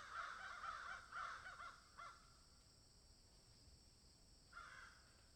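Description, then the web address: Crow cawing, a quick run of harsh, nasal caws over the first two seconds, then a pause and one more caw near the end. "ворона"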